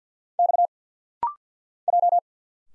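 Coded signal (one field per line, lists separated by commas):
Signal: Morse code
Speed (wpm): 51 wpm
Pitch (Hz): 700 Hz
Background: none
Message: X J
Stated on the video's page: Rapid-fire single-letter instant character recognition drill at 50 wpm, each letter sent in Morse, spoken, then sent again.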